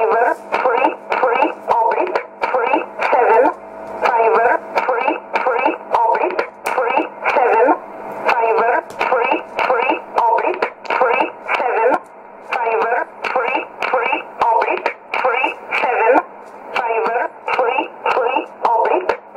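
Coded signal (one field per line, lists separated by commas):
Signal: numbers station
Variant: E11 Oblique, English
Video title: 09 11 2016 Number station E11 Oblique in English to Eu 0902 on 9446 unknown tx site USB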